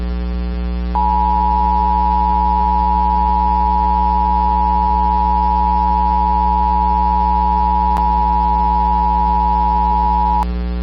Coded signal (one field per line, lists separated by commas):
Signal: Emergency Alert System (SAME) tones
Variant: 853 and 960 Hz attention tone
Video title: EAS Recreation - FLASH FLOOD EMERGENCY for Valdosta, Georgia! (November 6, 2024)